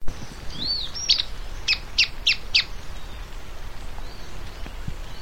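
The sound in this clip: White-throated tyrannulet calling: thin arched whistles followed by a quick run of several sharp, high chips, then quiet background noise.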